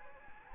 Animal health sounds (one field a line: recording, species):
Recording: mosquito wingbeat signal from an infrared sensor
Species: Anopheles gambiae